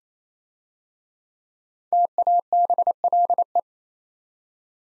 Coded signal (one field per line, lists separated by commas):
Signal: Morse code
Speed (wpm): 27 wpm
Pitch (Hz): 700 Hz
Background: none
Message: TABLE